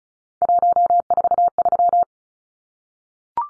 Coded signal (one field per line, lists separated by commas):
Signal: Morse code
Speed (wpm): 34 wpm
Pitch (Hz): 700 Hz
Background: none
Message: 143